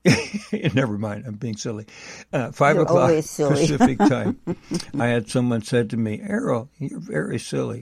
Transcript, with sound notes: never mind, I'm being silly. Uh, -
You're always silly. (laughs)
... Pacific Time. I had, someone said to me, "Errol, you're very silly."